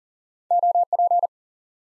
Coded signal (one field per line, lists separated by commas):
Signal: Morse code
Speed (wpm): 38 wpm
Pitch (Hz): 700 Hz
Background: none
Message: OP